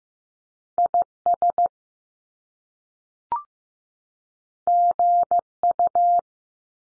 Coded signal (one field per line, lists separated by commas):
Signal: Morse code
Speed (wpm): 15 wpm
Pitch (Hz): 700 Hz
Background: none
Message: I S G U